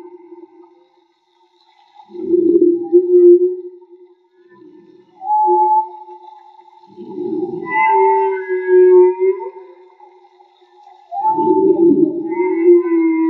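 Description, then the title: Whale calls in three loud bursts of groaning, rough sound every four to five seconds, with long wavering tonal moans and higher harmonic whines between. Field recording made with DIY hydrophones built by the recordist; audio cleaned afterward. "CANTO DE BALLENAS MAGMA"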